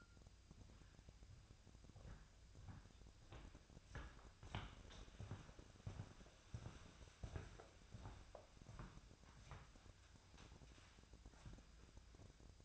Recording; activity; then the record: daily activity, microphone in the room; walk to room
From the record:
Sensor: 2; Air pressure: 999.8 hPa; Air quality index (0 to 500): 123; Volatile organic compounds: 2 ppm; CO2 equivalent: 1062 ppm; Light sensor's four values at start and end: 33/78/35/39 and 32/77/34/38